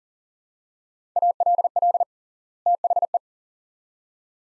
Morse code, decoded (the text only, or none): ALL THE